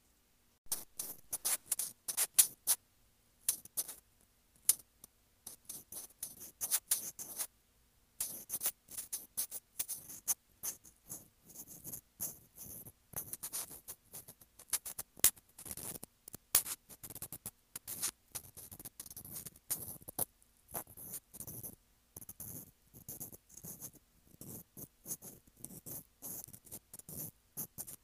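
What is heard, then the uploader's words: Dry scratching on a sensitive microphone, made of rapid clusters of sharp scrapes and clicks that are brightest in the high end. The bursts come irregularly for the whole half minute, broken by brief silent gaps near 3, 8 and 21 seconds. ASMR Sensitive Mic Scratching.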